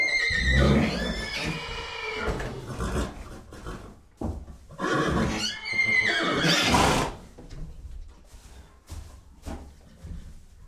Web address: horse